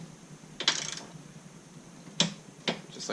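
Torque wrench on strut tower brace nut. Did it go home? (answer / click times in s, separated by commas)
yes / 2.2 s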